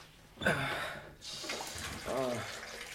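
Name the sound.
water running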